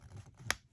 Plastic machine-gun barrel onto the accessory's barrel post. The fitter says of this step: pops right in like that you can hear an audible pop these barrels do spin freely